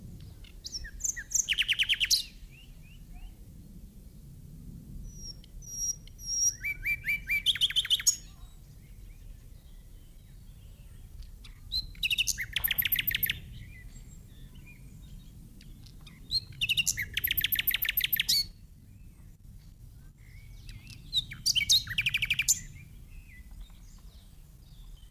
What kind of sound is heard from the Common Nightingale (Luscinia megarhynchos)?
song